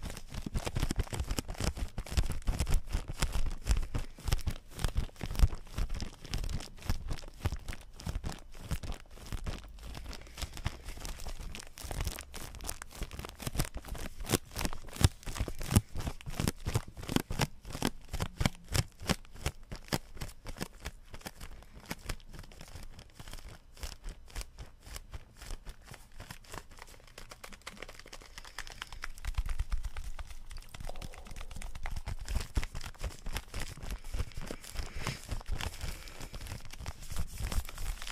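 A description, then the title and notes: Office objects are handled, giving a dense, constant stream of sharp clicks, crinkles and tearing-like rustles that spread from low to bright. The busiest stretch runs through the first half, with a brief softer lull around thirty seconds. ASMR office stuff object exploration. Lid sounds, scratchy tapping.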